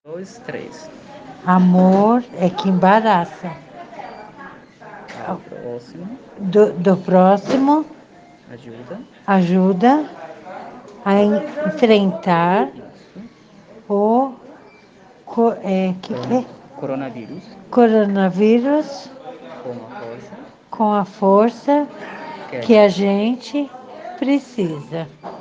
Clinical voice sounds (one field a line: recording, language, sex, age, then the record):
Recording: spoken sentence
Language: Brazilian Portuguese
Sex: female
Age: 50 to 59 years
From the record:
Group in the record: respiratory insufficiency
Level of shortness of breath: 5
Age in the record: 54 years